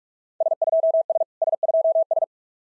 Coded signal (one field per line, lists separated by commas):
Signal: Morse code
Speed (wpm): 41 wpm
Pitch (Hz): 660 Hz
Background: none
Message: S2S S2S